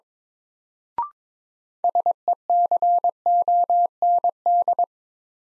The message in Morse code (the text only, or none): SECOND